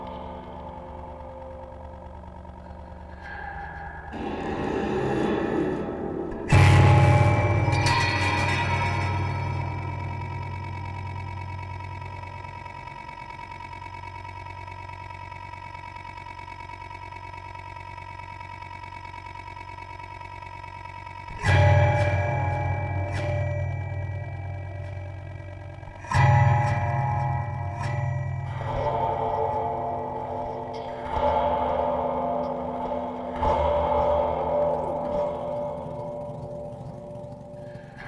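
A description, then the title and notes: Spring-loaded devices are struck and released in a few sharp, thumping hits, near 7, 21, 26 and 33 seconds. After each hit a long metallic ring hangs on and slowly fades, with a low, heavy thud beneath. Quieter wobbling twangs fill the gaps between hits. Various spring-loaded devices and EFX. Recorded live.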